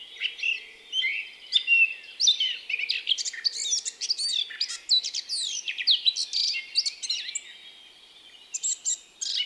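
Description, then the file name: Eurasian blackcap warbling in quick, jumbled high notes, growing busier midway, then thinning to a near pause before a final flurry. "Sylvia atricapilla"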